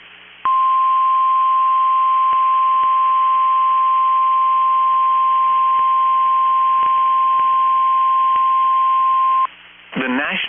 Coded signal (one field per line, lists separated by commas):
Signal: Emergency Alert System (SAME) tones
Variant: 1050 Hz attention tone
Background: speech